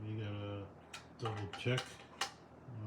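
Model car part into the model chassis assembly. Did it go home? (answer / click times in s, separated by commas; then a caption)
yes / 2.2 s. Someone talks while checking a Fanhome 1970 Dodge Charger die-cast model assembly for loose parts, wiggling a plastic or metal model car part back and forth in the model chassis assembly. A sharp click is heard at 2.2 seconds as the part seats into place.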